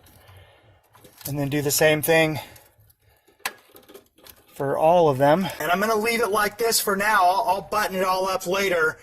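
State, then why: Seated. A wiring harness connector is lined up with the engine control module after its contacts are sprayed with contact cleaner, then pushed in and seats with a sharp, loud click at 3.5 s. Someone talks before and after the click.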